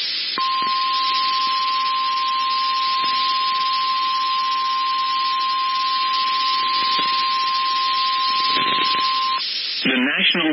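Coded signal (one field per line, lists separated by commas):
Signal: Emergency Alert System (SAME) tones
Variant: 1050 Hz attention tone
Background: speech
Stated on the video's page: Severe Thunderstorm Warning SAME tones received off the Wichita NOAA weather radio.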